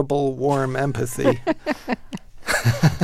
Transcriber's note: soundbite of laughter